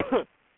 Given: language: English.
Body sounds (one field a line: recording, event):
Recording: throat vibration sensor signal played as sound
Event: cough